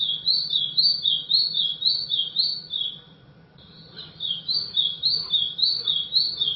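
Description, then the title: White-throated seedeater song in two bursts separated by a short pause, each a rapid chain of high, wavering chirps. "Canto Do Golinha"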